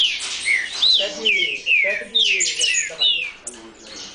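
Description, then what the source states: Green-winged saltator song, a run of clear whistled slurs sliding up and down, in short phrases with brief gaps between them. Brazilian bird.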